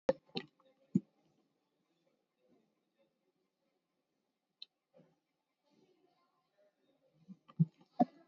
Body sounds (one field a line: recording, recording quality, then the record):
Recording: shallow breathing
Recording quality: poor, much background noise or distortion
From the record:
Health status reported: COVID-19 positive, mild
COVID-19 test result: positive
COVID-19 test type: RT-PCR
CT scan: not taken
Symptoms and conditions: fatigue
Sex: male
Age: 31 years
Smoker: no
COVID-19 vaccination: none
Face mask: not worn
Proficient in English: yes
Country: India